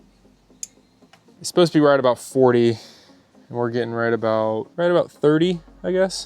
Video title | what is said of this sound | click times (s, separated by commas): Porsche 944 Timing Belt and Water Pump Replacement - CAN WE DO IT? | You can kind of see you just push down on it until it clicks. | 0.6 s